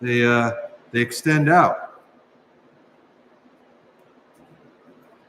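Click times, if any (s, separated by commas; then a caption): none. Someone talks for about the first two seconds while the telescoping handle of a collapsible camping utensil from a fork, spoon and spatula set is pulled out and extended, followed by quiet low background noise. The handle has not locked into place yet, and no click is heard.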